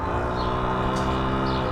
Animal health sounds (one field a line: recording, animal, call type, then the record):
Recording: contact call of a hoofed animal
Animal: cattle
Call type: low-frequency (closed-mouth) or high-frequency (open-mouth) call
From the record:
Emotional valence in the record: negative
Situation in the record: full separation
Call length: 1.72 s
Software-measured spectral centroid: 1490 Hz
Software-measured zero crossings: 1580 a second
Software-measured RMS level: -24 dBFS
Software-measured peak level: -12 dBFS